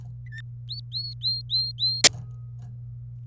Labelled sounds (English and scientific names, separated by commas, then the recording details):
Domestic Canary (Serinus canaria) song
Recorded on 26 April 2018 at 16:20
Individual llb3